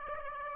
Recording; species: mosquito wingbeat signal from an infrared sensor; Aedes aegypti